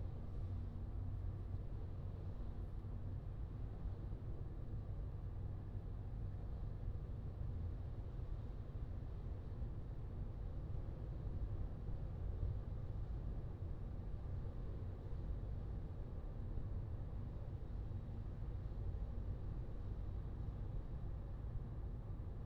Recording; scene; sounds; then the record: everyday scene through a hearing-aid microphone; in a vehicle; engine, highway driving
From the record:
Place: Skoda Fabia, gasoline engine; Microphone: in the ear canal, left